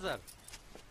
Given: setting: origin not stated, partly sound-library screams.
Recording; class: one-second piece from a danger detection set; normal situation